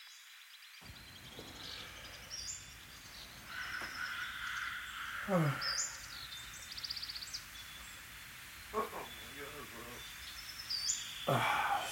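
A bird calls in sharp bursts, with a swooping note near five seconds and rapid trills later, over steady hiss and chatter.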